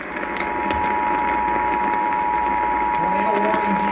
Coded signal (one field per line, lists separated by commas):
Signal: Emergency Alert System (SAME) tones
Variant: 853 and 960 Hz attention tone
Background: speech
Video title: WIDESPREAD VS. ISOLATED - EAS Alerts from 06/15/2022 (EAS #454-475)